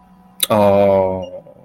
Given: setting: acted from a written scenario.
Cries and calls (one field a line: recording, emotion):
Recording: vocal sound without words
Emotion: realization